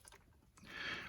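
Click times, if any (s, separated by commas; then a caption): none. A wiring harness connector is pushed onto a new EGR valve on a Dodge Grand Caravan, producing only faint soft taps near 0.1 and 0.6 seconds and then a rising broadband rustle that peaks around 0.9 seconds. The connector fails to click in, so nothing has seated or clicked yet.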